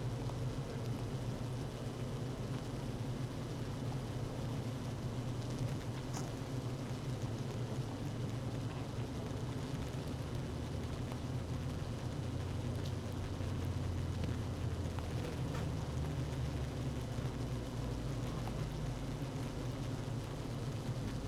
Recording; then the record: honeybee colony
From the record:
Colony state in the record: active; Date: 12 June 2018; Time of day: 16:43